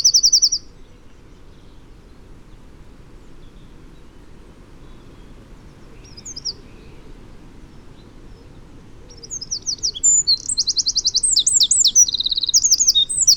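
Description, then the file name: Eurasian wren: a short high trill at the start, a few faint notes mid-way, then an energetic burst of rapid twitters and trills near the end. "Troglodytes troglodytes"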